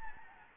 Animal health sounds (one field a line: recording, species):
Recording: mosquito wingbeat signal from an infrared sensor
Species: Anopheles gambiae